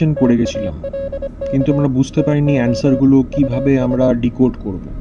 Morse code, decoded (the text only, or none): TALK TO US